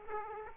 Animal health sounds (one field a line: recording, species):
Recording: mosquito wingbeat signal from an infrared sensor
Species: Aedes aegypti